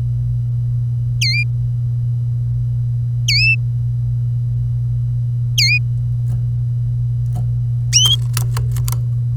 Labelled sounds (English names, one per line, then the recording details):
Domestic Canary song
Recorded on 25 April 2018 at 08:30
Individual llb3